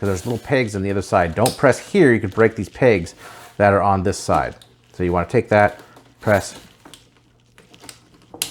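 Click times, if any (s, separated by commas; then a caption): 8.4 s. Someone talks while handling a transforming robot toy figure, with a few faint clicks and taps near the end. The front part of the figure's plastic hood is pressed down and snaps into place with a sharp, loud hit at 8.4 s.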